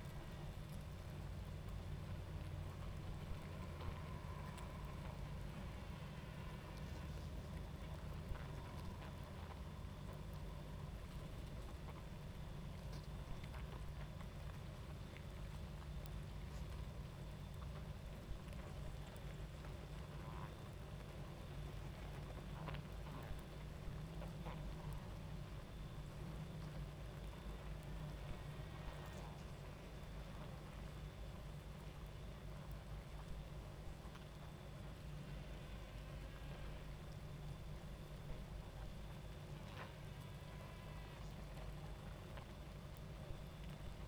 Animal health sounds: honeybee colony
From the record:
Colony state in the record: active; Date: 28 July 2017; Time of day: 23:23

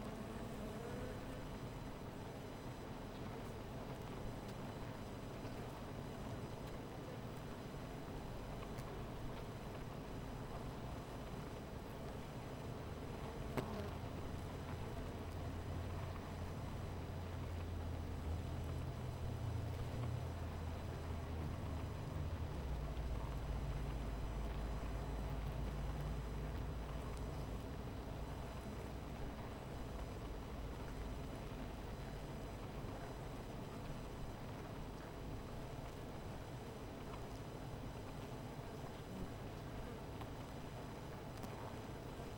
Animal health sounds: honeybee colony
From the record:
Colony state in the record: missing queen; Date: 14 July 2017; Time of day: 17:14

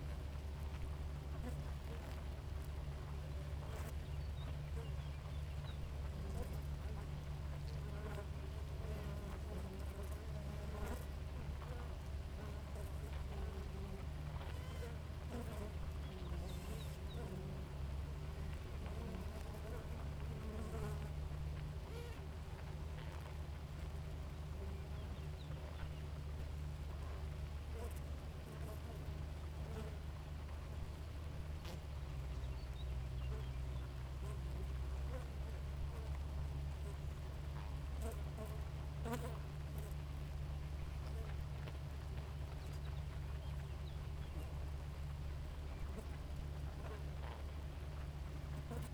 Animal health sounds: honeybee colony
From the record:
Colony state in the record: active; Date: 28 July 2017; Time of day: 4:44

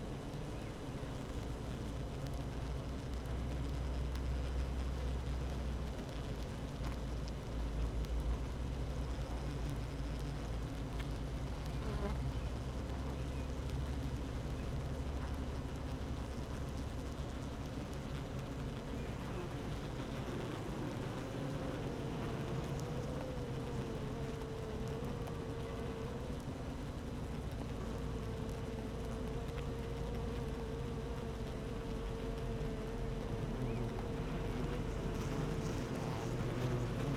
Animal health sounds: honeybee colony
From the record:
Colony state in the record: active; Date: 12 June 2018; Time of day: 15:31

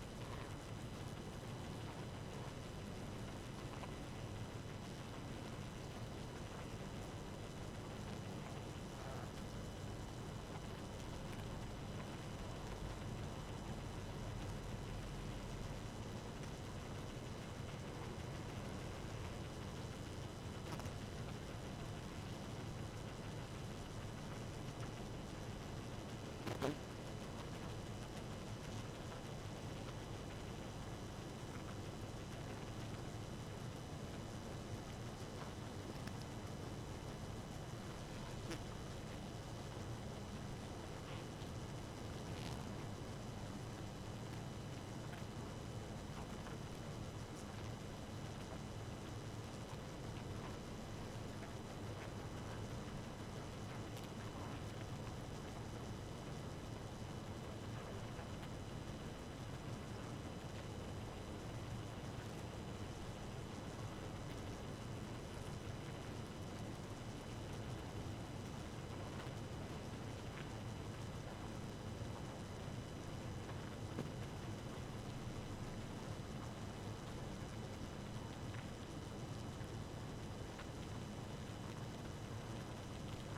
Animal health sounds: honeybee colony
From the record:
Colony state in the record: active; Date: 12 June 2018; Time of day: 1:44

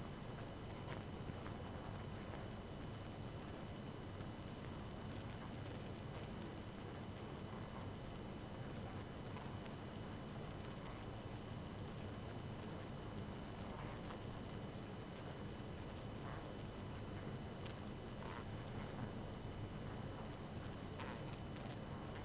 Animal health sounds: honeybee colony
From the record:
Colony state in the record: active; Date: 12 June 2018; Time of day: 2:08

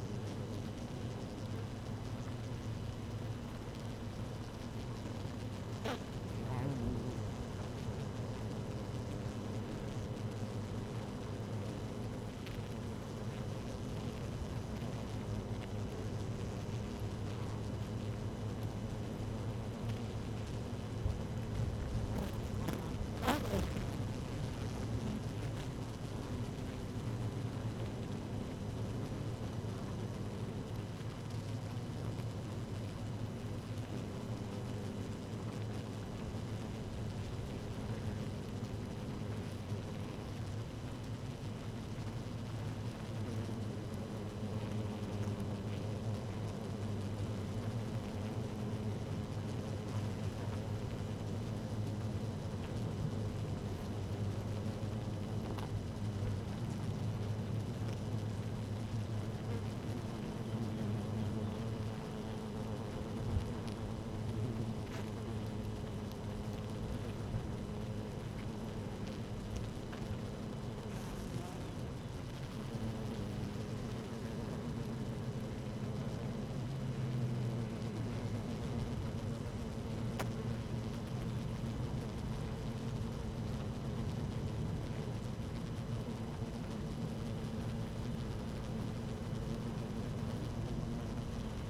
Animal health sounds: honeybee colony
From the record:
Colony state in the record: active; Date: 12 June 2018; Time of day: 13:58

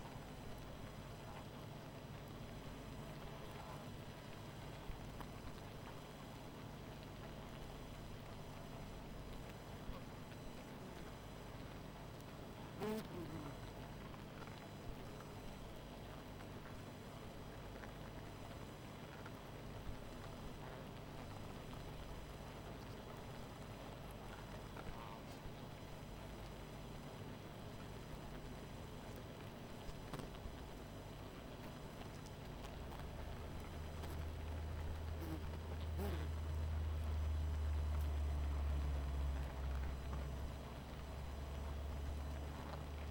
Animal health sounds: honeybee colony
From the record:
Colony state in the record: missing queen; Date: 14 July 2017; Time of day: 20:50

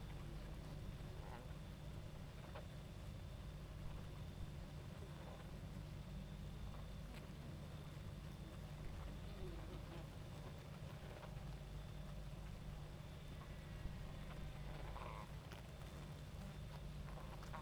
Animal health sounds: honeybee colony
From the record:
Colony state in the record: active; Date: 28 July 2017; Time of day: 22:44

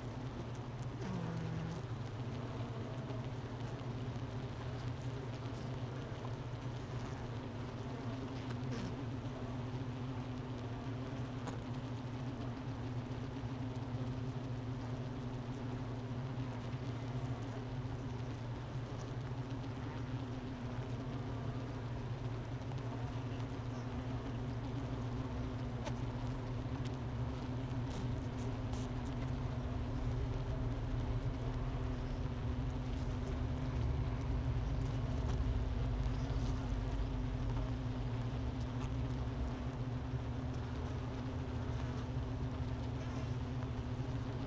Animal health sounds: honeybee colony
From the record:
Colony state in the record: missing queen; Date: 31 May 2018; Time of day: 10:24

